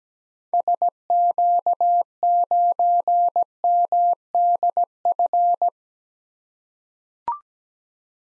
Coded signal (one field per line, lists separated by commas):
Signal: Morse code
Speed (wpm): 17 wpm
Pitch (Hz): 700 Hz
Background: none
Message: SQ9MDF